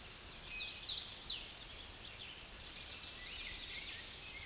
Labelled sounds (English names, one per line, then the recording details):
Hooded Warbler song
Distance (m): 45 m
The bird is about 20 m above the microphone
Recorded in a Pennsylvania forest on 16 May 2024 at 07:11
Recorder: AudioMoth, point MSD-2039
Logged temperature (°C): 15.0 °C
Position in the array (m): 105 m, 109 m